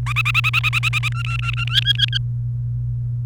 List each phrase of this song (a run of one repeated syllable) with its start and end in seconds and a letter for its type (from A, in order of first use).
0.06-1.08 A, 1.12-1.64 B, 1.67-2.17 C